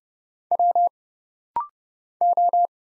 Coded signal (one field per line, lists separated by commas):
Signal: Morse code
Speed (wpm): 31 wpm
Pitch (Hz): 700 Hz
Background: none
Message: W O